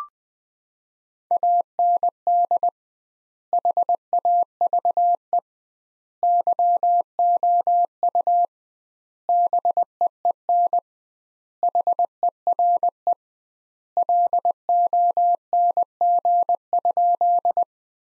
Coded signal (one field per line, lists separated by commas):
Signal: Morse code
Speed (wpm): 21 wpm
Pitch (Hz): 700 Hz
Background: none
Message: AND HAVE YOU BEEN HERE LONG?